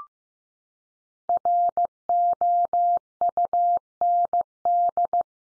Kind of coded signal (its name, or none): Morse code